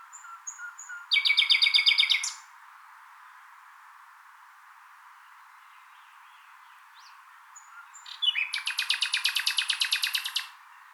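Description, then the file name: Common nightingale singing a fast, rattling trill, then a pause with a few soft notes, then a longer rapid series of repeated clicks and chirps. "Luscinia megarhynchos"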